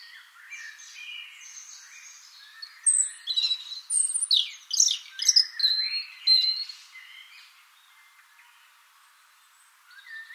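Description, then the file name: European robin song: a varied run of high, thin whistled notes and rapid trills over several seconds, fading to quiet near the end. "Erithacus rubecula"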